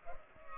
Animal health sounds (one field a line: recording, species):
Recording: mosquito wingbeat signal from an infrared sensor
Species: Culex pipiens